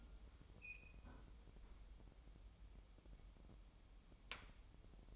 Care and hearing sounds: daily activity, microphone in the room; close fridge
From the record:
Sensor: 1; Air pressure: 988.4 hPa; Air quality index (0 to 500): 198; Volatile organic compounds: 1000 ppm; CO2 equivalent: 5296 ppm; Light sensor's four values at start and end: 26/97/36/38 and 26/97/37/38

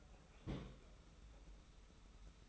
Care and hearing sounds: daily activity, microphone in the room; place on stove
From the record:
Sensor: 1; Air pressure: 991.0 hPa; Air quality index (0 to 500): 91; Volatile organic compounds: 32 ppm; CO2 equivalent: 3000 ppm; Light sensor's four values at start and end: 36/116/46/47 and 36/116/46/47

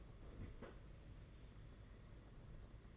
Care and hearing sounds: daily activity, microphone in the room; open fridge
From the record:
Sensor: 4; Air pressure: 992.7 hPa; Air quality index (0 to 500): 166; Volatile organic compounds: 220 ppm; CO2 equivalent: 4276 ppm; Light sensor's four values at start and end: 19/62/23/24 and 19/62/23/24

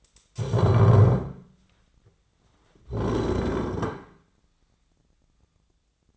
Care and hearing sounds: daily activity, microphone in the room; stand up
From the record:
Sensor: 3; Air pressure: 1009.2 hPa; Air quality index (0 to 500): 184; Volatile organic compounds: 3 ppm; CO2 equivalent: 1492 ppm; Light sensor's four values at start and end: 51/129/57/58 and 38/98/44/45

